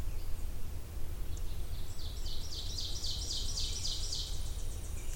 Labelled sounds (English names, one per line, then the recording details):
Ovenbird song
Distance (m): 40 m
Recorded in boreal forest in Alberta, Canada, on 20 June 2016 at 08:00
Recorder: SongMeter 3, array SBT-6-81
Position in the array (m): 30 m, 238 m
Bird 26